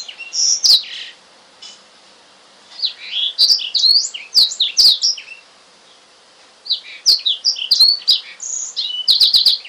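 Oriental magpie-robin song in separate bursts of high varied whistles and clicks, with quiet gaps of one to two seconds between phrases.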